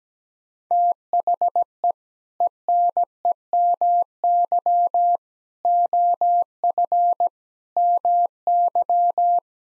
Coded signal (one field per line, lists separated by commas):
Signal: Morse code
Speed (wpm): 17 wpm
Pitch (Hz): 700 Hz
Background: none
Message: THE ENEMY OF MY